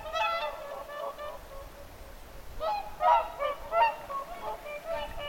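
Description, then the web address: Whooper swans honking, a cluster of calls, a quieter gap, then several louder bugling notes in quick succession. Several whooper swans calling at Lintulahti on 6 November 2025. "paivat 6 11 2025 laulujoutsenten aantelya lintulahdella"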